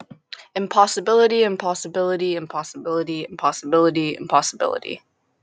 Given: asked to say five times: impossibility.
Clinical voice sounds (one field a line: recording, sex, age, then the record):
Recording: repeated word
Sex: female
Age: 18 to 19 years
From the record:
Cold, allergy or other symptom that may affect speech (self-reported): no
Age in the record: 18 years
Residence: Kentucky, United States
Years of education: 1